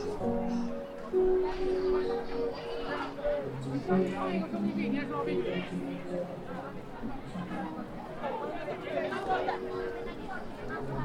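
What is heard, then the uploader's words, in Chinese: Crowd chatter on Chengdu's Chunxi Road: many overlapping voices talk at once in a steady, dense wash with no pauses. Individual voices and short tonal calls briefly stand out near the start and around four and nine seconds, over a low continuous rumble. 成都春熙路。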